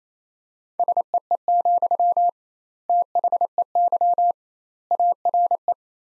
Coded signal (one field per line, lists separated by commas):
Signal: Morse code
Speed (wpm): 28 wpm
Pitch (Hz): 700 Hz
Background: none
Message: SEE, THEY ARE